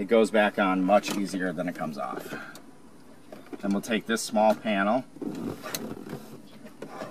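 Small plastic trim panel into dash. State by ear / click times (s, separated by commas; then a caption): not seated / none. Someone talks while handling a small plastic trim panel that goes back into the dash of a 2016+ Ford Mustang, during a factory navigation add to SYNC 3. A few faint, brief knocks come through at about 3.3, 3.5 and 6.8 seconds. The panel has not seated or clicked into place yet.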